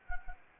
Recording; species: mosquito wingbeat signal from an infrared sensor; Anopheles arabiensis